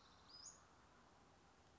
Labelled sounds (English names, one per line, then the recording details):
Western Flycatcher
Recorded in Sonoma County, California